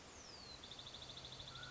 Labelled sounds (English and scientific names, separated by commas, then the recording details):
Mountain Quail (Oreortyx pictus)
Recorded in Sonoma County, California